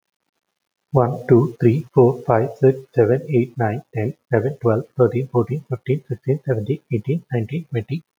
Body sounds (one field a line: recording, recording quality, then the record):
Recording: counting at a fast pace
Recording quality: excellent, no background noise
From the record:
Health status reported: healthy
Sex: male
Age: 37 years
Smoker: yes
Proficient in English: yes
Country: India